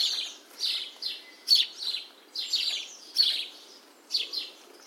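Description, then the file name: House sparrow giving loud, rasping chirps, single or paired notes spaced irregularly throughout. "Passer domesticus"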